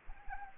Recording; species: mosquito wingbeat signal from an infrared sensor; Anopheles arabiensis